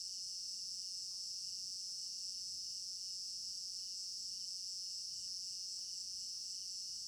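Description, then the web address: Continuous cricket chorus, a bright sustained trill with a softer beating pulse and several faint clicks scattered through. Crickets in an African village garden at night; stereo binaural recording. "African-Village Garden Night Crickets Stereo-Binaural. immersive sound library"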